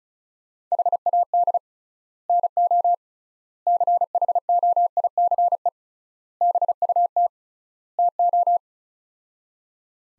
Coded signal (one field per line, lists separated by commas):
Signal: Morse code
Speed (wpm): 36 wpm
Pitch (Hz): 700 Hz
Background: none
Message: HAD NO CHOICE BUT TO